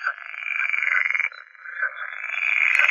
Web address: Pool Frog